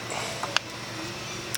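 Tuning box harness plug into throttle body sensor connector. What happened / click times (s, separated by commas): The plastic connector clicked into place / 0.6 s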